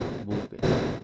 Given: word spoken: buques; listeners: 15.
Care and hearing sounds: one Spanish word in noise, from a listening test; noise modulated by one talker; -9.1 dB; 0 of 15; 11 of 15; 0.64 s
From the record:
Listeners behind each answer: 11, 2, 1, 1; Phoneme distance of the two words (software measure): 7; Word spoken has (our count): 2 syllables, 5 phonemes, stress on syllable 1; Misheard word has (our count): 2 syllables, 5 phonemes, stress on syllable 1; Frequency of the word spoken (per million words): 11.72

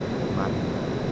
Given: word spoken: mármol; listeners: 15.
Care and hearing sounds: one Spanish word in noise, from a listening test; speech-shaped noise; -6.8 dB; 1 of 15; 6 of 15; 0.72 s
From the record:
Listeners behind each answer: 6, 1, 1, 1, 1, 1, 1, 1, 1, 1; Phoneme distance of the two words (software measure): 21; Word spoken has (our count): 2 syllables, 6 phonemes, stress on syllable 1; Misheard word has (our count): 1 syllable, 3 phonemes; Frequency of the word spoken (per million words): 12.52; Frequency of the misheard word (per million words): 150.90

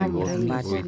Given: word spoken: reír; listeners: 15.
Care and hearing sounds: one Spanish word in noise, from a listening test; four-talker babble; -2.6 dB; 0 of 15; 10 of 15; 0.48 s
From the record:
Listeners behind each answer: 10, 3, 1, 1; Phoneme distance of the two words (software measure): 44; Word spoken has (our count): 2 syllables, 4 phonemes, stress on syllable 2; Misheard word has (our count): 2 syllables, 4 phonemes, stress on syllable 1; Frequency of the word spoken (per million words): 17.24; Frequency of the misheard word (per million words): 1330.81

